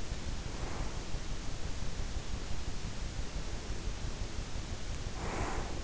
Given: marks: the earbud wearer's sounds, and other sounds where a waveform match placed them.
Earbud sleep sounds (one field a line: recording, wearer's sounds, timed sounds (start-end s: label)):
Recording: sounds in sleep by an in-ear microphone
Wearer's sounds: breath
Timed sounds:
0.38-0.94 s: breath
3.31-5.84 s: breath